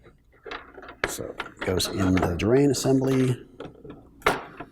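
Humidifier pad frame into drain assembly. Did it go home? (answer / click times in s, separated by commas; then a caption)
yes / 4.3 s. Someone talks while the plastic water distribution pad assembly of a GeneralAire 570 humidifier is fitted with its drain spud down, so it connects to the drain, into the humidifier drain assembly. A sharp, loud plastic snap at 4.3 s marks it snapping into position, with a few quieter clicks and handling taps around it.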